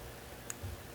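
The red locking clip on the wiring connector of a Encore purge valve, being replaced for code P0496, is pushed in after the electrical connector is plugged back onto the valve. Among several faint ticks, a sharp, short click stands out at 0.5 s. The clip is seated and locked.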